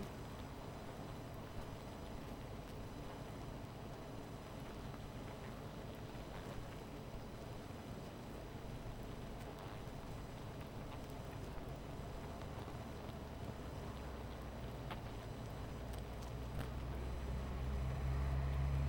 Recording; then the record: honeybee colony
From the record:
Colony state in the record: missing queen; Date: 14 July 2017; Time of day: 17:40